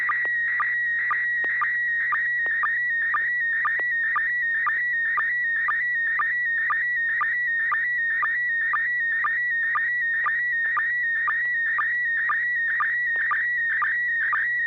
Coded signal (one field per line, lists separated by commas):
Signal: SSTV (slow-scan television)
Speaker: this net serves for training and practice and image transmission modes and meets Wednesday nights at 900 p.m. on the n6 na repeater